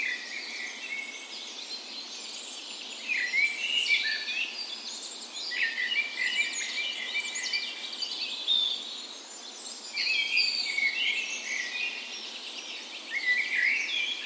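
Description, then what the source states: Birds in a birds, many overlapping high chirps, trills and whistles at once, swelling in bursts. Birds' spring birds on the morning of 17 May, Norway's National Day, in a park west in Bergen, Norway; recorded with a Sony PCM A10 and LOM micro Usi mics as tree ears.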